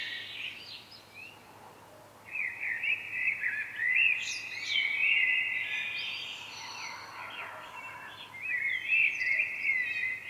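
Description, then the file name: Common blackbird song: a few notes, a short quiet spell, then a long run of fluted, warbling notes with high squeaky flourishes and brief thin chirps. "Turdus merula"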